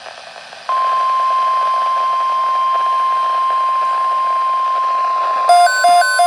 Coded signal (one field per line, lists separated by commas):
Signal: Emergency Alert System (SAME) tones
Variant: 1050 Hz attention tone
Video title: Severe Thunderstorm Watch #4 (EAS #31) (6/13/2023)